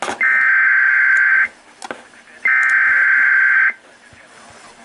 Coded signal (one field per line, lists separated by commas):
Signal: Emergency Alert System (SAME) tones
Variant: header bursts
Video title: MT. HOLLY NJ SPECIAL MARINE WARNING (1/20/21) (EAS 180)